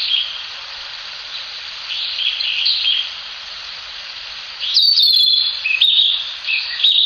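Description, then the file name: Narcissus flycatcher delivering bright whistled phrases with a descending slur, over a constant high background hiss. "キビタキ"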